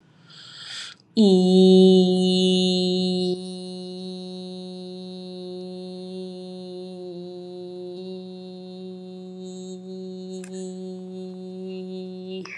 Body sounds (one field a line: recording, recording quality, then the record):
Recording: sustained vowel as in beet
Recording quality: excellent, no background noise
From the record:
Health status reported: COVID-19 positive, mild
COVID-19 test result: positive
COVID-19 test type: RT-PCR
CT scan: not taken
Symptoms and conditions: cough, cold, sore throat, fever, fatigue, muscle pain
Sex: female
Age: 29 years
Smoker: no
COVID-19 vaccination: both doses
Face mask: not worn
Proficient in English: yes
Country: India